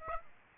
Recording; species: mosquito wingbeat signal from an infrared sensor; Aedes aegypti